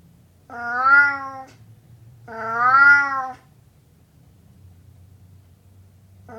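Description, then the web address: Burmese cat uttering two arched meows roughly two seconds apart, each rising then dropping in pitch, with a soft background hum and the start of a third. "Burmese cat meowing"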